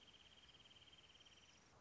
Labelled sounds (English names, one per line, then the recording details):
Wrentit
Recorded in Sonoma County, California